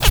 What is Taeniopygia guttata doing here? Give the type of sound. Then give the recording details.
kackle call. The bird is a female. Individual fem1